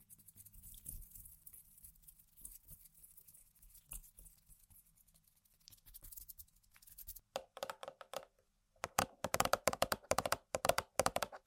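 Tapping and scratching on objects, quiet and sparse for the first seven seconds with soft scattered clicks and a low hum underneath. After a short pause around seven seconds, sharper, louder bursts of rapid tapping and scraping come in dense clusters through to the end.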